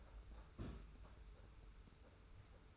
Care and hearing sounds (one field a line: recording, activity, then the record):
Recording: daily activity, microphone in the room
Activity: place on stove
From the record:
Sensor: 2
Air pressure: 991.0 hPa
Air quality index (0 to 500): 110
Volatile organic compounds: 49 ppm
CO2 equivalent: 3284 ppm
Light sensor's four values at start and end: 34/102/40/38 and 34/102/40/38